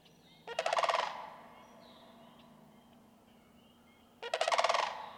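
Sandhill crane calls twice, a harsh rolling rattle several seconds apart, with thin high bird chirps faintly in the quiet gap.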